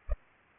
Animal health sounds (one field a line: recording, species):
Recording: mosquito wingbeat signal from an infrared sensor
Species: Culex pipiens